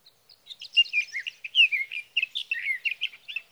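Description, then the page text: Sage thrasher song: a brisk, continuous jumble of warbled notes, some sliding downward, with no pauses. Male singing through the night near his night roost, Sierra Valley, California, evening of June 12 to morning of June 15, 2018; recorded with a Swift recorder. "61. Sage thrasher songs, through the night. For three nights, from the evening of June 12 to the morning of June 15, 2018, in Sierra Valley, California, I placed a Swift recorder near a male's night roost."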